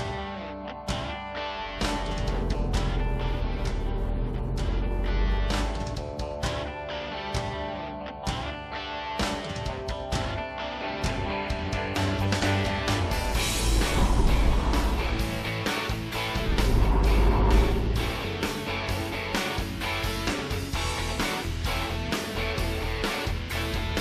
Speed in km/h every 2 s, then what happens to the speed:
7, 5, 13, 21, 30, 36, 36, 35, 38, 51, 50, 46.
0-9 speeds up to 36. 9-15 steady at about 36. 15-19 speeds up to 51.